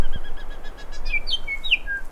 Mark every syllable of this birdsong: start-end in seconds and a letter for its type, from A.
0.35-0.43 A, 0.49-0.55 A, 0.63-0.70 A, 0.77-0.83 B, 0.91-0.97 A, 1.04-1.18 C, 1.26-1.36 D, 1.45-1.55 E, 1.61-1.74 F, 1.85-2.02 G